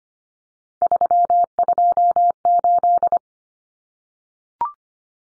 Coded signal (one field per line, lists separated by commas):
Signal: Morse code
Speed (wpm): 25 wpm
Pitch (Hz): 700 Hz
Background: none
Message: 328